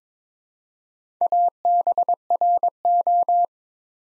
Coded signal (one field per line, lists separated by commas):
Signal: Morse code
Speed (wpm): 22 wpm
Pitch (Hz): 700 Hz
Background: none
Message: ABRO